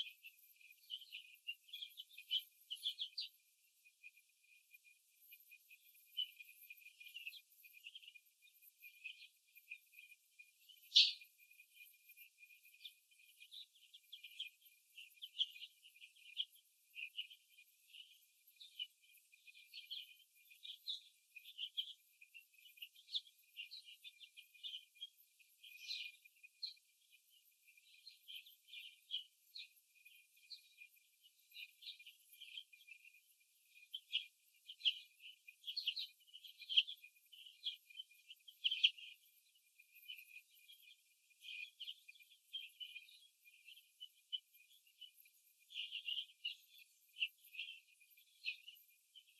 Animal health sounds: young laying hens in a cage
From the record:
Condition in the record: before the stressor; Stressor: simulated dog barking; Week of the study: 2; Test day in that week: 3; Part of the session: 3

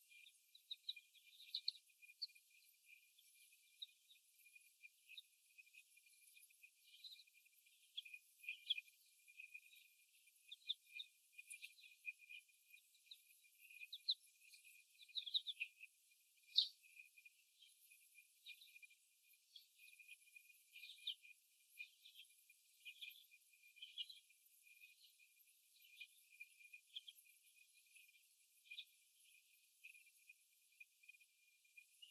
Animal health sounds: young laying hens in a cage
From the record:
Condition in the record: after the stressor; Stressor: simulated dog barking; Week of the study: 1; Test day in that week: 1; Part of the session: 2

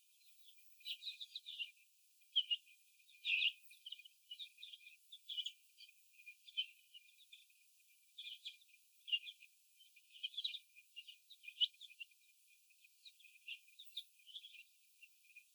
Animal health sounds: young laying hens in a cage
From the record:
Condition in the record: after the stressor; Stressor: sudden umbrella opening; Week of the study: 2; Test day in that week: 1

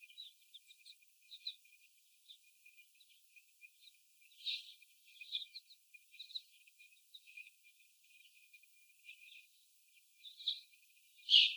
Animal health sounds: young laying hens in a cage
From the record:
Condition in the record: before the stressor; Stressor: sudden umbrella opening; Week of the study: 1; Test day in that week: 1

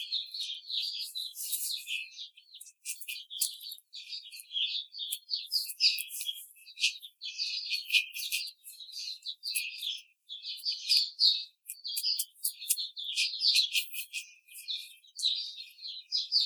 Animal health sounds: young laying hens in a cage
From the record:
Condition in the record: treatment cage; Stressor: simulated dog barking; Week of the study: 5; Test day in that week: 1

